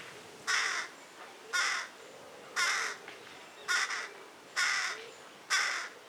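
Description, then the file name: Carrion crow uttering six rough, croaking caws with uneven gaps of about a second between them. "Corvus corone"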